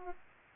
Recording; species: mosquito wingbeat signal from an infrared sensor; Aedes albopictus